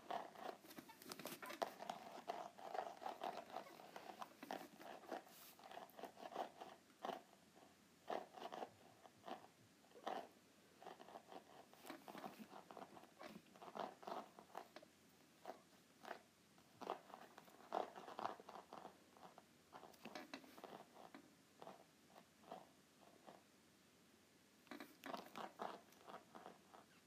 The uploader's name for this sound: ASMR Groovy Note Pad